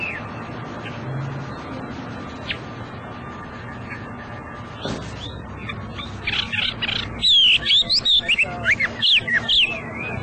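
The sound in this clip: Hwamei song, quiet background at first, then from about seven seconds loud varied whistled phrases sweeping between mid and high pitch in quick succession.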